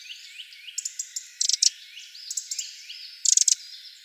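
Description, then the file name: Eurasian wren calls: short clusters of hard ticks and a rattling burst near the end, over soft high chirps. "Troglodytes troglodytes"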